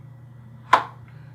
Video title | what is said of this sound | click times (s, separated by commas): Geaux Hard Holsters OWB | When you reholster it, you can hear that click letting you know that you have seated the gun in the holster properly. | 0.7 s